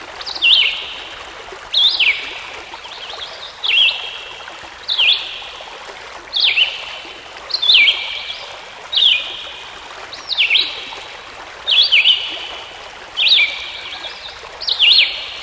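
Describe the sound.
Songbird song: short downward-sweeping whistled phrases repeated roughly every one to one and a half seconds over steady rushing water.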